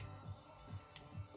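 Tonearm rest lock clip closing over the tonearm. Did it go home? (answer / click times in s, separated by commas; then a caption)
yes / 1.0 s. On a Technics 1200/1210 turntable, the tonearm lock clip on the arm rest is pushed back over the tonearm and snaps shut with a short, sharp click at 0.96 s. Low, rhythmic thumps continue under a steady background hum. The lock clicks closed and seats, unlike worn locks, which sometimes don't click back on.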